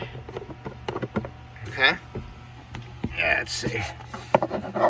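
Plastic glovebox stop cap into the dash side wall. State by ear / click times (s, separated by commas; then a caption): seated / 4.3 s. On a 2015 Hyundai Sonata, with the glovebox door pushed in farther, a plastic glovebox stop cap is started into its hole in the dash side wall and pressed home while someone talks. Light plastic taps and rubbing lead up to a sharp snap at 4.4 seconds as the cap seats.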